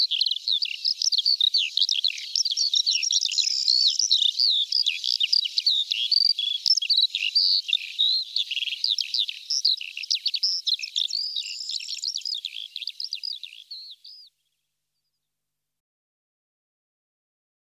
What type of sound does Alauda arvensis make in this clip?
song